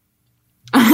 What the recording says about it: I just sneezed. The initial is my actual sneeze.